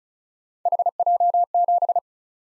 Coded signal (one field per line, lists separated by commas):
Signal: Morse code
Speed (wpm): 36 wpm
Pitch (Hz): 700 Hz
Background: none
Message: HJ7